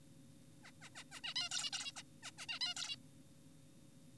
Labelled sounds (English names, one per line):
Zebra Finch